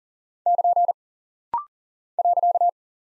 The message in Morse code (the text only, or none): <KN> .